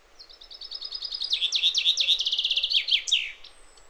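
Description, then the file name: Common chaffinch song: a bright rattling trill of quick notes that steps down in pitch, ending in a sharp flourish, with faint background hiss. "Fringilla coelebs"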